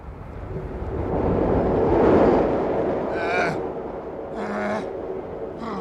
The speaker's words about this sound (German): Was ist los? Nichts. Alles in Ordnung. Es ist nur ein Zug vorbeigefahren.